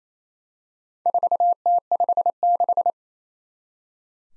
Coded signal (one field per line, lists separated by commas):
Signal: Morse code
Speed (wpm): 27 wpm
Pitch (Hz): 700 Hz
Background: none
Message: 4T56